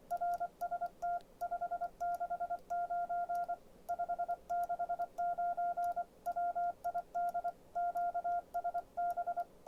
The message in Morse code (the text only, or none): RST 569 569 WID QSB